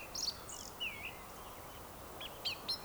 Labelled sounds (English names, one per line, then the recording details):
Eurasian Woodcock whistle
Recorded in Baden-Württemberg, Germany, on 27 June 2020 at 19:49 UTC
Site 43791, 788 m above sea level